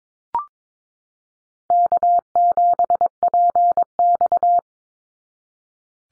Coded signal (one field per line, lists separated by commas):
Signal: Morse code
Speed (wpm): 22 wpm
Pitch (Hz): 700 Hz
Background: none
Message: K7PX